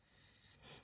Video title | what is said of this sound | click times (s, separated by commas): HOW TO : Make a basic lead clip setup (Carp fishing) Tutorial. | and give it a pull, and we should hear that click. That means it's in place. | 0.8 s